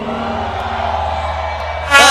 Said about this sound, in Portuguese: Torcida do Paysandu, dá uma vaia na galera do Remo aí.